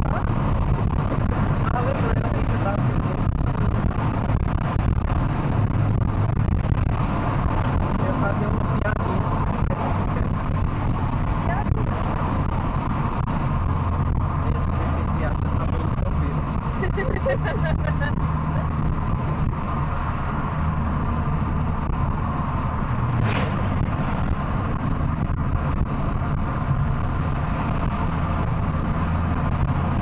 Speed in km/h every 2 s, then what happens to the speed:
119, 121, 120, 115, 110, 105, 98, 89, 83, 84, 86, 89, 90, 92, 97.
0-5 steady at about 120. 5-16 slows to 83. 16-30 speeds up to 97.